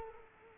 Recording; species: mosquito wingbeat signal from an infrared sensor; Culex quinquefasciatus